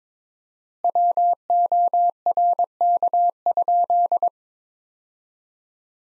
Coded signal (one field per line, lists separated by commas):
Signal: Morse code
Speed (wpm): 22 wpm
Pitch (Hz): 700 Hz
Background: none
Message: WORK?